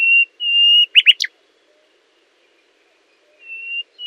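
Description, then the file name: Common nightingale song: long pure whistled notes, a quick cluster of sharp descending notes, then silence before another soft whistle. "Luscinia megarhynchos"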